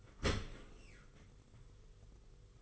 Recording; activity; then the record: daily activity, microphone in the room; open dishwasher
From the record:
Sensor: 4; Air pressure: 991.3 hPa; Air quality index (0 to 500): 158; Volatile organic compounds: 128 ppm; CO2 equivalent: 3918 ppm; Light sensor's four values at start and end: 22/72/27/27 and 22/72/27/27